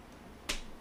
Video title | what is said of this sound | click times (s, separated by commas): How To UPGRADE PC PERFORMANCE LIVE! | and then this clicks into place | 0.5 s